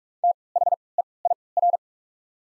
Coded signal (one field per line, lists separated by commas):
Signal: Morse code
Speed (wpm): 44 wpm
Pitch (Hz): 700 Hz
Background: none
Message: T H E I R